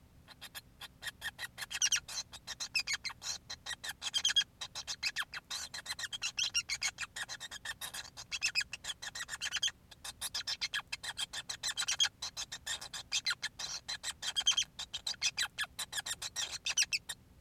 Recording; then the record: song of a male Bengalese finch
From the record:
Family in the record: son of father 5